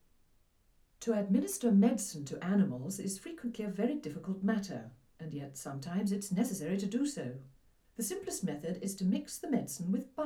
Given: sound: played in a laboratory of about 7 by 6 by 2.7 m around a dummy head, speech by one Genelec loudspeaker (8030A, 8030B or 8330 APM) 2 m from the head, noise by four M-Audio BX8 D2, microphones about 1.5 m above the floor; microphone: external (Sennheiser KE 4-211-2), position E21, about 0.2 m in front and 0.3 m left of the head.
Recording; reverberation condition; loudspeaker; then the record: female speech in English; low; 90 degrees to the right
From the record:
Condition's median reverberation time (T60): about 310 ms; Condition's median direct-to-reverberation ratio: about 3.5 dB